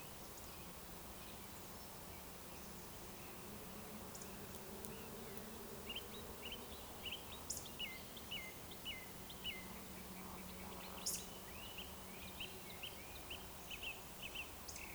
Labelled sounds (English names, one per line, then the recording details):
Eurasian Woodcock whistle
Eurasian Woodcock croak
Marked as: whistle, whistle, whistle, croak, whistle, whistle
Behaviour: display flight
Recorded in Baden-Württemberg, Germany, on 12 June 2020 at 20:01 UTC
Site 43791, 788 m above sea level